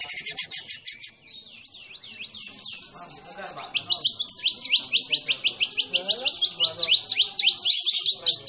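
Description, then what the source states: White-rumped shama song, a rapid run of high buzzy trills and sweeping whistled notes, with phrases shifting throughout. Masteran training recording for songbirds, featuring a champion white-rumped shama.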